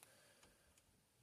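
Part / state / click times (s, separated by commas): radio removal key into car radio head unit side hole / seated / 0.0 s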